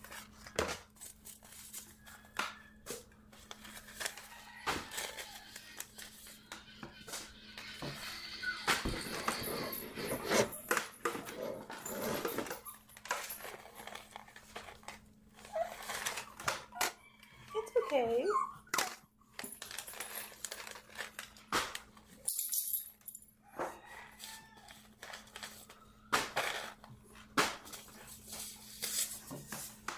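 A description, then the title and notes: Packets of seeds are shuffled and sorted, with frequent crisp rustles and taps, a denser burst near ten seconds, over a steady low hum. Sorting Seed packets. Sorting packets of seeds.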